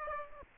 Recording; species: mosquito wingbeat signal from an infrared sensor; Aedes aegypti